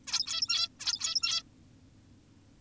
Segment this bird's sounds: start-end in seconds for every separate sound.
0.07-0.69, 0.80-1.43